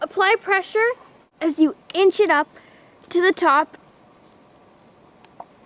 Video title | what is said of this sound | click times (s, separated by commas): www.marinarchery.com | and it snaps in place and it lies flat on the groove. | 5.2 s, 5.4 s